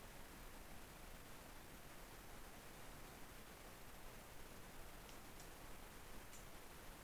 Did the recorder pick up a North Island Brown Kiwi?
no